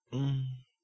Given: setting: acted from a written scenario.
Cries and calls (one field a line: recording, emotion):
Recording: vocal sound without words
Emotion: sympathy